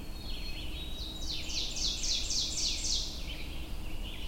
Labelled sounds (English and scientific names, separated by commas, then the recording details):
Ovenbird (Seiurus aurocapilla) song
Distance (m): 40 m
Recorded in boreal forest in Alberta, Canada, on 22 June 2016 at 07:49
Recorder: SongMeter 3, array SBT-6-76
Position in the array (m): 154 m, 121 m
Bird 3